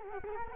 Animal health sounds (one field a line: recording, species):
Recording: mosquito wingbeat signal from an infrared sensor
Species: Culex quinquefasciatus